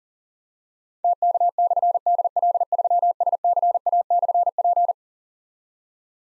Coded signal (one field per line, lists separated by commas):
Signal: Morse code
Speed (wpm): 42 wpm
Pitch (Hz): 700 Hz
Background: none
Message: TK/DL3SCA/P